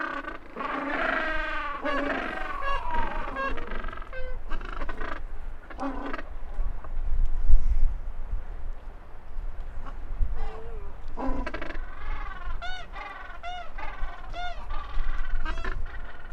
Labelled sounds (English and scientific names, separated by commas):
Gentoo Penguin (Pygoscelis papua) call